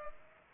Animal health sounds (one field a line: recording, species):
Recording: mosquito wingbeat signal from an infrared sensor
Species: Culex pipiens